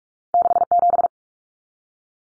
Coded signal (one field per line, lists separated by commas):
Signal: Morse code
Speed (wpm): 44 wpm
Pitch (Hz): 700 Hz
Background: none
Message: 67